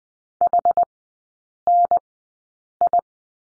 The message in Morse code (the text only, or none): H N I